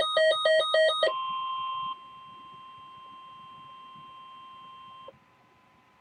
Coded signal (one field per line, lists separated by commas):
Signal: Emergency Alert System (SAME) tones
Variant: 1050 Hz attention tone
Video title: Severe Thunderstorm Warning (EAS Alert #1001)